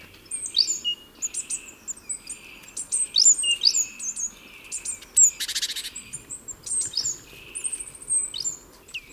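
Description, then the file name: Great tit calls: rapid high chirps and slurred notes throughout, broken by one short harsh buzzy burst. "Parus major"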